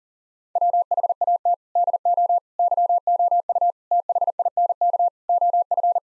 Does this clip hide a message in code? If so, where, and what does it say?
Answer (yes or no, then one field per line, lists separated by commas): yes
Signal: Morse code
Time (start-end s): 0.6-6.0 s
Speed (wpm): 40 wpm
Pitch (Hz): 700 Hz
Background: none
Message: WHAT DO YOU THINK OF